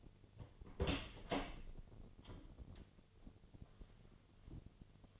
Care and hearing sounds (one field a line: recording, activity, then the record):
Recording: daily activity, microphone in the room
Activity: open door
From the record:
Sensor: 4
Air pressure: 1008.2 hPa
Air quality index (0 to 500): 182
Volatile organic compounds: 5 ppm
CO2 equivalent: 1824 ppm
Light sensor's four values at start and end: 25/79/30/29 and 23/73/28/26